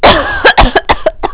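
An adult gives a harsh opening cough followed by five or six quick, short coughing bursts in rapid succession.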